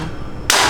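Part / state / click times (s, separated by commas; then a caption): bird cage fitting onto cage frame / seated / 0.5 s. A cage part is slid onto its mount on a bird cage frame, with a quiet low rumble of handling before it. At 0.5 s it snaps into place with a loud, sharp click that fills the whole frequency range, and the part is locked.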